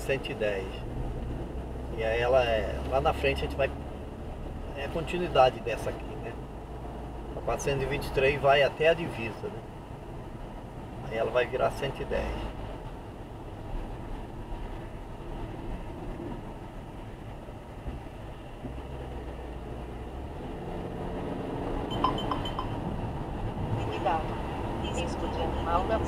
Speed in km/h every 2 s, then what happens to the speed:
51, 57, 62, 67, 66, 66, 65, 62, 60, 64, 76, 74, 78.
0-6 speeds up to 67. 6-16 slows to 60. 16-26 speeds up to 78.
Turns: none.